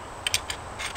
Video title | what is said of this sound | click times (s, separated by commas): Night Vision Scope for the Working Man! | monocular here let's see we can go there it goes and then it just kind of locks in there and it's got a real nice click | 0.3 s